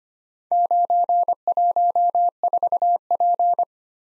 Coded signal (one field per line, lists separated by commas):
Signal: Morse code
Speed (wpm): 25 wpm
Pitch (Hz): 700 Hz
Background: none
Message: 914P